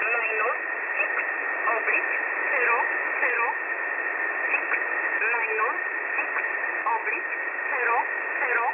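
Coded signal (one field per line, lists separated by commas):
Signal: numbers station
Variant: E11 Oblique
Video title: E11 Oblique 03/10/2022 1045 UTC 7317kHz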